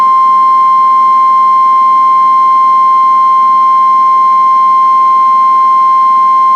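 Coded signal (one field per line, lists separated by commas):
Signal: Emergency Alert System (SAME) tones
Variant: 1050 Hz attention tone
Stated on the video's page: Severe Thunderstorm Warning received from NOAA weather radio stations KEC56 and WXK22.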